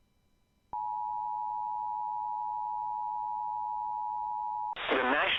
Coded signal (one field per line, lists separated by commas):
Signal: Emergency Alert System (SAME) tones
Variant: 853 and 960 Hz attention tone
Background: speech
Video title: UPTON IS BACK EAS #65 (First Snow Squall In NYC’s history!)